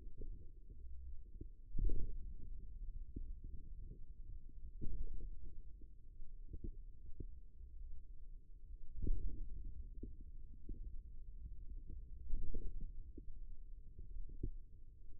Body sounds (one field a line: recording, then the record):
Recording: forearm muscle sounds (acoustic myography)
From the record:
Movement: ulnar deviation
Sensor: system 2, bracelet of six BSWA MPA416 microphones around the upper forearm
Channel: 3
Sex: male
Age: 22 years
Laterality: right